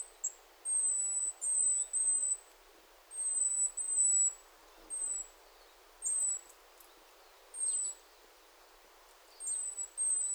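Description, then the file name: Great tit high calls: thin, drawn-out whistled notes at a very high pitch, given singly or in pairs every second or two over steady background hiss. "Parus major"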